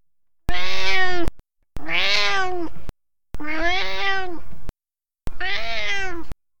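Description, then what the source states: Domestic cat meowing: four long, drawn-out meows, each about a second, with short silences between them and no other sounds. A cat named Rabble, meowing.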